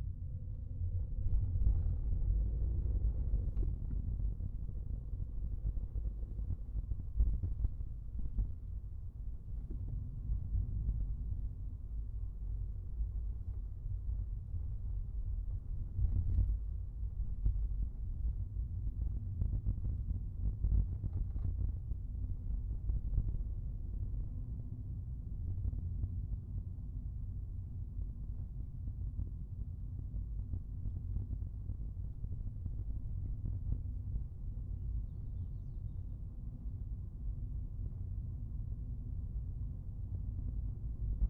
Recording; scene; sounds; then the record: everyday scene through a hearing-aid microphone; in a vehicle; engine, rumble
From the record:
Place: Skoda Fabia, gasoline engine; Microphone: behind the ear, right, front